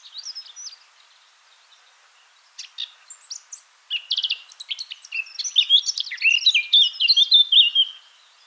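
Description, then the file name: Eurasian blackcap singing: a quiet scratchy chatter at first, then a fast warble breaking into loud, clear fluted whistles toward the end. "Sylvia atricapilla"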